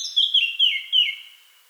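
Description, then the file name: Eurasian blackcap giving a short burst of loud, pure fluty notes sliding downward, the final phrase trailing away quietly. "Sylvia atricapilla"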